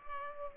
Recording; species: mosquito wingbeat signal from an infrared sensor; Culex pipiens